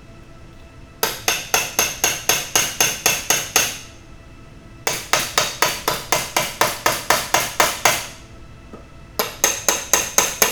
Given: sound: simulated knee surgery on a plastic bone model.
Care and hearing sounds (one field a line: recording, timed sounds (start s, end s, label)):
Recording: surgical tools on bone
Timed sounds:
1.03	1.03	chisel strike
1.28	1.28	chisel strike
1.54	1.54	chisel strike
1.79	1.79	chisel strike
2.04	2.04	chisel strike
2.29	2.29	chisel strike
2.56	2.56	chisel strike
2.81	2.81	chisel strike
3.06	3.06	chisel strike
3.30	3.30	chisel strike
3.56	3.56	chisel strike
4.87	4.87	chisel strike
5.13	5.13	chisel strike
5.38	5.38	chisel strike
5.63	5.63	chisel strike
5.88	5.88	chisel strike
6.12	6.12	chisel strike
6.37	6.37	chisel strike
6.61	6.61	chisel strike
6.86	6.86	chisel strike
7.11	7.11	chisel strike
7.34	7.34	chisel strike
7.60	7.60	chisel strike
7.86	7.86	chisel strike
9.19	9.19	chisel strike
9.44	9.44	chisel strike
9.69	9.69	chisel strike
9.94	9.94	chisel strike
10.18	10.18	chisel strike
10.42	10.42	chisel strike